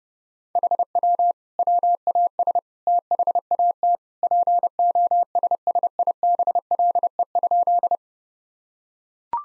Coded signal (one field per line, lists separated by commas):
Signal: Morse code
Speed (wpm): 32 wpm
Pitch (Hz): 700 Hz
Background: none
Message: HW WAS THAT POSSIBLE?